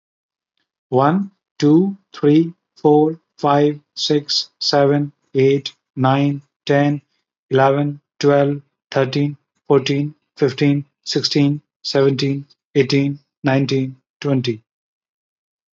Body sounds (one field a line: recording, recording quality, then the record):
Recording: counting at a normal pace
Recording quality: excellent, no background noise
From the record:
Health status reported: healthy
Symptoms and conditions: none ticked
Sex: male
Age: 37 years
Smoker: not ticked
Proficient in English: yes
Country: India